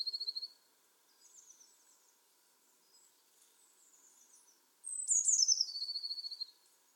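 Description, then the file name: Eurasian blue tit: the tail of a trill opens, quiet high twitters follow, then a full phrase of piercing notes falling into a fast trill. "Cyanistes caeruleus"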